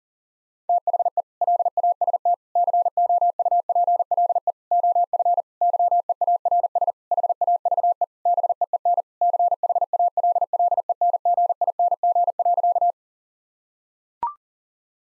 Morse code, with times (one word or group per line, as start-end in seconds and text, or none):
0.7-1.2 THE
1.4-2.3 LAST
2.6-4.5 COUPLE
4.7-5.4 OF
5.6-6.9 YEARS
7.1-8.0 HAVE
8.3-9.0 BEEN
9.2-12.9 CHALLENGING.